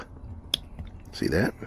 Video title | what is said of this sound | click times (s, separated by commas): RVDAYDREAM WATCHA DOIN May seems nice | plug her back in. We're going to hear a little snap. | 0.5 s